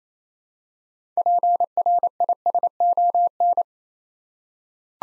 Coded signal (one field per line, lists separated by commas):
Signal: Morse code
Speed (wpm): 27 wpm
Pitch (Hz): 700 Hz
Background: none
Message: PRISON